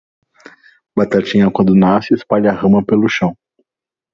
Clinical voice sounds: short text; Brazilian Portuguese; male; 30 to 39 years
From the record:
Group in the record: control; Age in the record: 33 years

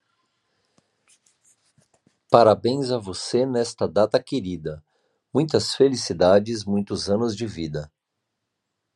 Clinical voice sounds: short text; Brazilian Portuguese; male; 40 to 49 years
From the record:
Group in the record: control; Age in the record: 47 years

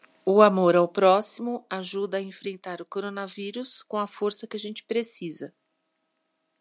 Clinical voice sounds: spoken sentence; Brazilian Portuguese; female; 50 to 59 years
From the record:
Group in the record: control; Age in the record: 56 years

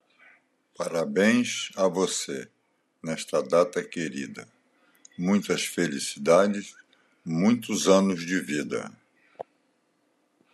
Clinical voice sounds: short text; Brazilian Portuguese; male; 80 to 89 years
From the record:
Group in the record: control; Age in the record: 83 years

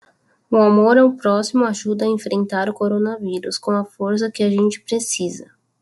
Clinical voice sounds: spoken sentence; Brazilian Portuguese; female; 20 to 29 years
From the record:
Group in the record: control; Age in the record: 28 years

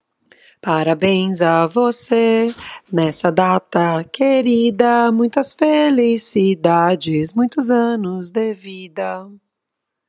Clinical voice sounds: short text; Brazilian Portuguese; female; 40 to 49 years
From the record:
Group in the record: control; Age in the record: 40 years

